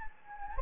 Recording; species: mosquito wingbeat signal from an infrared sensor; Anopheles gambiae